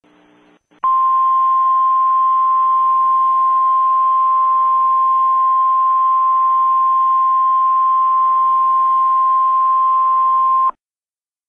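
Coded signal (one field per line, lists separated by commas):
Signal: Emergency Alert System (SAME) tones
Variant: 1050 Hz attention tone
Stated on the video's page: Mock civil danger alert for a hypothetical Mount Rainier eruption.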